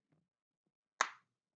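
A snap fastener stud is pressed into its socket on the strap of a handmade leather holster. After a faint soft rustle near 0.1 s, a sharp, short snap rings out at 1.0 s and fades quickly. The snap seats.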